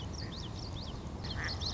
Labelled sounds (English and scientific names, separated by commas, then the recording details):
Common Yellowthroat (Geothlypis trichas)
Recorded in Sonoma County, California